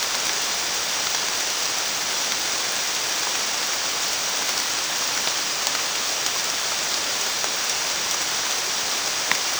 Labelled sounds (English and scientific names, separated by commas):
none